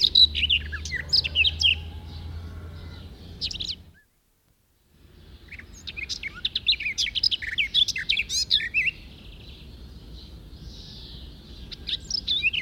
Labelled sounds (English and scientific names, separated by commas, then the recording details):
Garden Warbler (Sylvia borin) song
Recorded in the wild
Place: Bergen, Insel Rügen, Mecklenburg-Vorpommern, DE
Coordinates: 54.4135, 13.432
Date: 1969-07-10
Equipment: Nagra III BH, Sennheiser MD 21, parabola
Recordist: Schubert, Michael